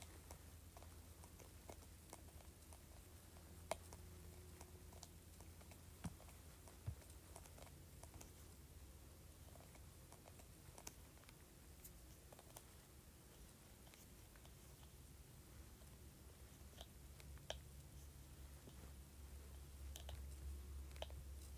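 A spray bottle lid is scratched, giving a steady stream of small dry scrapes and clicks with sharper ticks scattered irregularly throughout. A low steady hum sits underneath the whole time and grows slightly heavier near the end.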